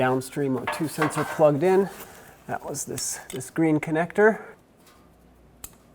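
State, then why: Seated. Someone talks while plugging the green plastic electrical connector of the downstream O2 sensor into its harness plug on a 2009-2010 Ford F-150 (5.4L) during a passenger's side catalytic converter pipe replacement. After the talking stops, a single short, sharp click is heard at 5.6 s as the connector seats.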